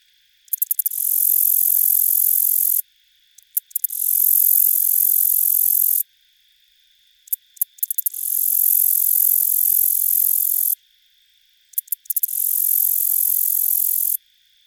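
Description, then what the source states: Black-legged meadow katydid giving repeated phrases, each a quick run of clicks then a long high hissing buzz, four phrases with short pauses and a steady faint tone. On buttonbush.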